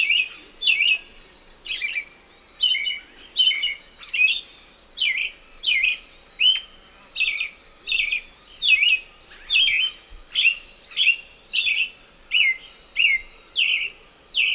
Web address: Natures Songs S America Eastern Lowlands. Turdus ignobilis, song